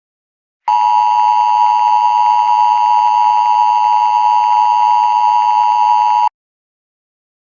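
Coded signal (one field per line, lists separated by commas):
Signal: Emergency Alert System (SAME) tones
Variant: 853 and 960 Hz attention tone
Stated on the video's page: Fictional EAS test scenario; tones may be valid or invalid.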